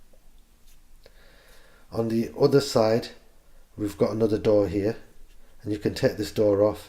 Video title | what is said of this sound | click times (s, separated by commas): GoPro Hero 7 Black Unboxing | To close it you just push it down, slide it across until it clicks into place. | 1.1 s